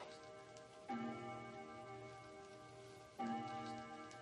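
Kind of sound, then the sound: sound effect, clock ticking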